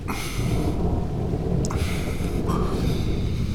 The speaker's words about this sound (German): Es regnet ja.